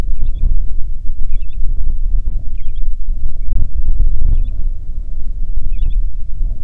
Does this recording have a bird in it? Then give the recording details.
yes. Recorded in the Prudhoe Bay oil fields, Alaska, on 6 August 2019 at 05:08. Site 22